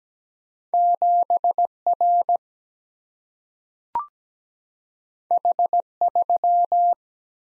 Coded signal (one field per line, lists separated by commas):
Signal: Morse code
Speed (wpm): 17 wpm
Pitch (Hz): 700 Hz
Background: none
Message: 7R H3